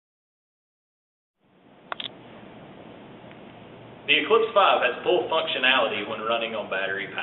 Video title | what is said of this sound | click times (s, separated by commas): SeQual Eclipse 5 Out of the Box | be careful not to use force and to install very gently until you hear it click | 1.9 s